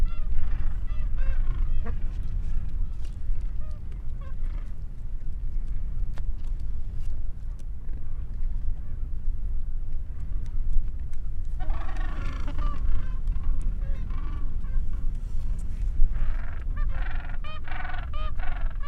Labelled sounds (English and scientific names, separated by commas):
Gentoo Penguin (Pygoscelis papua) call